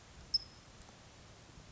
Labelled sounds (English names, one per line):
California Towhee